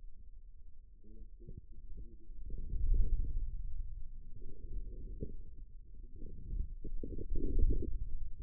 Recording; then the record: forearm muscle sounds (acoustic myography)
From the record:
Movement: inward rotation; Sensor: system 2, bracelet of six BSWA MPA416 microphones around the upper forearm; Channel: 3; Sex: male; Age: 22 years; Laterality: right